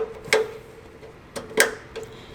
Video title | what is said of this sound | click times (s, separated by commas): dAHler Valve Controller - BMW G80 M3 | until it clicks into place | 0.3 s